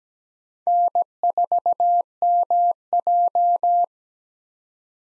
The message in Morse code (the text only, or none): N4MJ